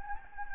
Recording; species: mosquito wingbeat signal from an infrared sensor; Anopheles gambiae